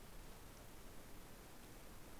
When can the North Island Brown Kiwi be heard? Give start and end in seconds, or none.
none